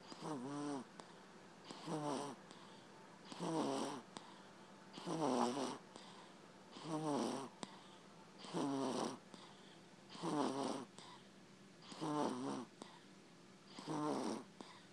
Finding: Baby snoring.